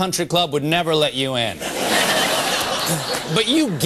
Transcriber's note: soundbite of laughter